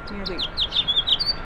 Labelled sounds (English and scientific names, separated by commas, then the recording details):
House Finch (Haemorhous mexicanus) song
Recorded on Long Island, New York, on 18 April 2012
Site GC
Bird A